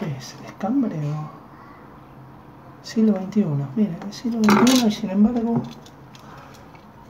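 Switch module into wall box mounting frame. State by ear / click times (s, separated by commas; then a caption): not seated / none. A replacement plastic Cambre Siglo 21 series switch/outlet module is handled against its wall box mounting frame while the circuit is live, as someone talks. The module has not yet clicked or seated in the frame.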